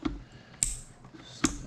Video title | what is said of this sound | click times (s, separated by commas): Will it run!!!#honda#keihin #efi diagnosis #mechanic | Clipped in. Air filter back on. | 0.6 s, 1.4 s